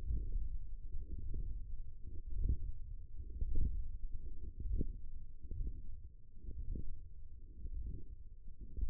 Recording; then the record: forearm muscle sounds (acoustic myography)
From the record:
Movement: ulnar deviation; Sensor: system 1, eight BSWA MPA416 microphones around the upper forearm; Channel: 3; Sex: female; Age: 20 years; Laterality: right